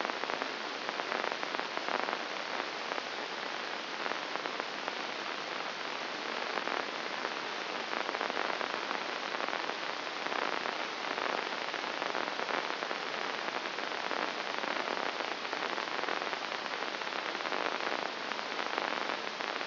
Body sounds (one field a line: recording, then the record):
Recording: brain microelectrode recording played as sound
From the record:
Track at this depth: inside the subthalamic nucleus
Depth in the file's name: 4.102 mm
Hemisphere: left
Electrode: 2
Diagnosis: Parkinson's disease